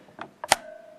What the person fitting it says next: it just kind of snaps in place